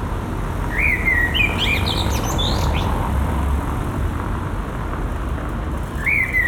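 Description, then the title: Common blackbird song: a whistled fluty phrase with a scratchy trailing twitter, then a second phrase starting at the end, over loud low traffic-like rumble. Recorded at Résidence Sainte-Gertrude in the Marolles, Brussels, Belgium, with a Sony PCM-M10 and Luhd PM-01 binaural microphones. "Marolles, 1000 Bruxelles, Belgique - Résidence Sainte-Gertrude - Merle - Blackbird"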